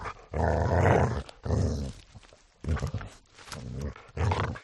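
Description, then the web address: Dog growling in harsh, low, snarling bursts, five separate rough outbursts with short pauses between them. "Goroshe Sag Vahshi. dog voice"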